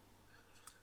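A small cap is held against the end of a chest attachment part of a model and handled with light pressure, with faint handling noise and one brief sharp tick. Nothing has seated or clicked yet.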